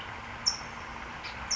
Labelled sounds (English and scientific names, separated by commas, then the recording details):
California Towhee (Melozone crissalis)
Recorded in Sonoma County, California